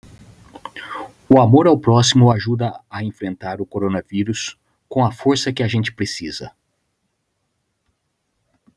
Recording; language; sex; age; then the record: spoken sentence; Brazilian Portuguese; male; 50 to 59 years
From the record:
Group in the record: control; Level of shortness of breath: 0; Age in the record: 51 years